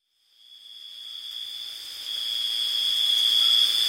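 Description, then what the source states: Insect chorus: steady, high, shrill trilling that swells gradually in loudness over four seconds. Summer evening, recorded July 17, 2023.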